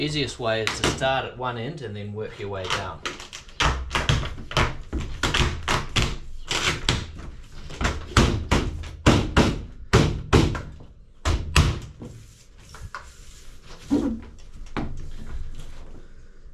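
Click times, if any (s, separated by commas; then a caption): 6.0 s, 6.9 s, 8.2 s, 9.1 s, 11.6 s. Someone talks while the cap of a plastic snap joiner is pushed onto its base over twinwall polycarbonate roofing sheets, working from one end down its length. Sharp snaps are heard at 6.0, 6.9, 8.2, 9.1 and 11.6 seconds as the cap snaps home. The joiner ends up fully snapped into place.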